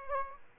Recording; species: mosquito wingbeat signal from an infrared sensor; Aedes aegypti